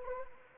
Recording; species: mosquito wingbeat signal from an infrared sensor; Anopheles arabiensis